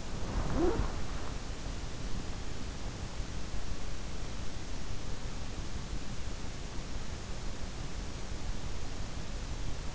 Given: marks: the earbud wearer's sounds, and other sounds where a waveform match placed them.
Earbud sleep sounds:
sounds in sleep by an in-ear microphone; snoring breath
0.00-1.24 s: snoring breath

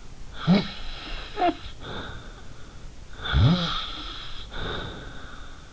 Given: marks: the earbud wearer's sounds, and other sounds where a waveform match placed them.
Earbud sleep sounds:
sounds in sleep by an in-ear microphone; snoring breath
0.31-2.78 s: snoring breath
3.17-5.73 s: snoring breath

